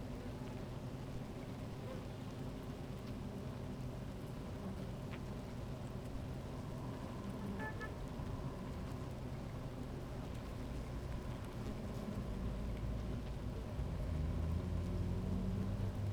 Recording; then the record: honeybee colony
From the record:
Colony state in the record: active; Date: 28 July 2017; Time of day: 16:24